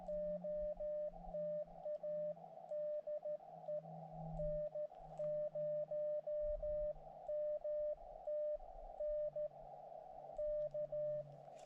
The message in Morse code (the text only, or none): OTA DE N0MTN K